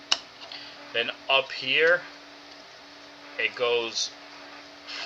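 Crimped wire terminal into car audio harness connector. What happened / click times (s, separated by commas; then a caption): The crimped terminal clicked into the connector housing / 0.1 s. A crimped wire terminal for the rear right position is pushed into its cavity in a plastic car audio harness connector and clicks into place at 0.1 s, seating fully. Someone then talks over a steady low hum.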